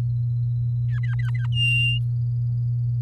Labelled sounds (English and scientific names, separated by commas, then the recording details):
Domestic Canary (Serinus canaria) song
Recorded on 9 May 2018 at 06:10
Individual llb16